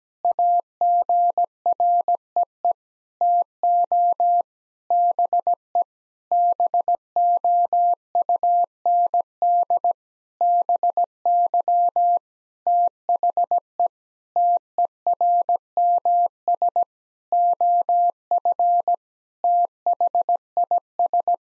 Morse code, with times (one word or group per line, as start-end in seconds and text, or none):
0.2-2.7 AGREE
3.2-4.4 TO
4.9-5.8 BE
6.3-9.9 BOUND
10.4-12.2 BY
12.7-13.9 THE
14.4-16.8 TERMS
17.3-18.9 OF
19.4-21.3 THIS